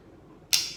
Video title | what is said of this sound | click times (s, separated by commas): Factor G6 preparation | hear it pop that pop is the silver on the inside that reveals the plunger now | 0.5 s